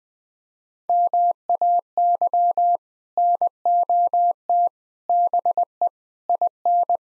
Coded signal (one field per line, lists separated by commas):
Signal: Morse code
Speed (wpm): 21 wpm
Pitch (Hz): 700 Hz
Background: none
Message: MAY NOT BE IN